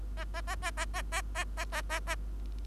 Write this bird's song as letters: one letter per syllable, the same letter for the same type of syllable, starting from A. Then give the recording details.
A A A A A A A A A A A A. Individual Bird3